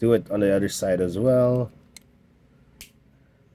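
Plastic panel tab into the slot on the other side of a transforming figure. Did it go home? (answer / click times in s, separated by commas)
yes / 2.0 s, 2.8 s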